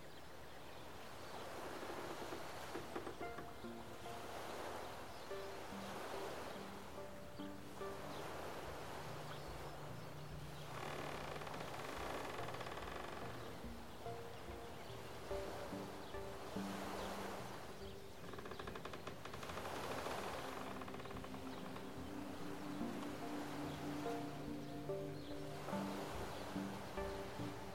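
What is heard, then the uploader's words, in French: Water laps along a Canadian lakeshore in soft, rolling swells that brighten every few seconds, roughly every four or five, then settle back. A steady low hum with a faint droning tone runs underneath the whole time, like a motor somewhere. Au bord d'un lac Canadien bercé par les sons de la nature.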